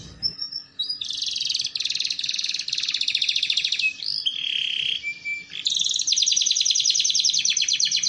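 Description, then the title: Canary song with dense buzzy trills and rolling high notes, a short pause in the middle, then a bright fast trill to the end. Belgian canary song used to warm up, lure and train canaries, a master song for young canaries learning to sing. "Canto Para Esquentar Canário Belga. Terapi Pancingan Suara Kenari Gacor || Masteran Kenari Paud Belajar Bunyi"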